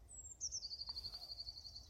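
Eurasian blue tit calling: a very high thin note slides downward, then runs straight into a fast, even trill of rapid repeated notes lasting over a second, with faint low background rumble.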